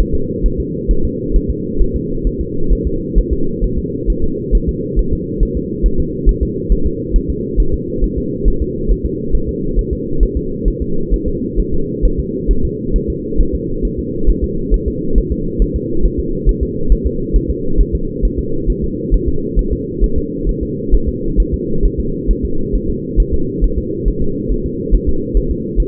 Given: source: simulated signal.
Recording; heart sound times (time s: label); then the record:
fetal heart sounds
0.00 s: S1
0.15 s: S2
0.46 s: S1
0.60 s: S2
0.91 s: S1
1.05 s: S2
1.36 s: S1
1.50 s: S2
1.82 s: S1
1.96 s: S2
2.27 s: S1
2.41 s: S2
2.73 s: S1
2.87 s: S2
3.18 s: S1
3.33 s: S2
3.64 s: S1
3.78 s: S2
4.10 s: S1
4.24 s: S2
4.55 s: S1
4.69 s: S2
4.99 s: S1
5.13 s: S2
5.43 s: S1
5.57 s: S2
5.86 s: S1
6.00 s: S2
6.29 s: S1
6.43 s: S2
6.72 s: S1
6.86 s: S2
7.16 s: S1
7.30 s: S2
7.60 s: S1
7.74 s: S2
8.04 s: S1
8.18 s: S2
8.48 s: S1
8.62 s: S2
8.91 s: S1
9.06 s: S2
9.35 s: S1
9.49 s: S2
9.79 s: S1
9.93 s: S2
10.23 s: S1
10.37 s: S2
10.68 s: S1
10.82 s: S2
11.14 s: S1
11.28 s: S2
11.60 s: S1
11.74 s: S2
12.05 s: S1
12.19 s: S2
12.51 s: S1
12.65 s: S2
12.96 s: S1
13.10 s: S2
13.41 s: S1
13.55 s: S2
13.85 s: S1
13.99 s: S2
14.30 s: S1
14.44 s: S2
14.74 s: S1
14.88 s: S2
15.18 s: S1
15.32 s: S2
15.62 s: S1
15.76 s: S2
16.05 s: S1
16.20 s: S2
16.49 s: S1
16.63 s: S2
16.92 s: S1
17.06 s: S2
17.36 s: S1
17.50 s: S2
17.81 s: S1
17.95 s: S2
18.25 s: S1
18.39 s: S2
18.70 s: S1
18.84 s: S2
19.14 s: S1
19.28 s: S2
19.59 s: S1
19.73 s: S2
20.04 s: S1
20.18 s: S2
20.49 s: S1
20.63 s: S2
20.94 s: S1
21.09 s: S2
21.40 s: S1
21.54 s: S2
21.85 s: S1
22.00 s: S2
22.31 s: S1
22.45 s: S2
22.75 s: S1
22.90 s: S2
23.20 s: S1
23.34 s: S2
23.64 s: S1
23.78 s: S2
24.08 s: S1
24.22 s: S2
24.52 s: S1
24.66 s: S2
24.95 s: S1
25.09 s: S2
25.37 s: S1
25.51 s: S2
25.80 s: S1
From the record:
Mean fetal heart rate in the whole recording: 135 bpm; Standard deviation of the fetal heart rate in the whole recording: 3 bpm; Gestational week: 36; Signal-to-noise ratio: -8.1 dB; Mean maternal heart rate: 72 bpm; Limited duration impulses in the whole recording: absent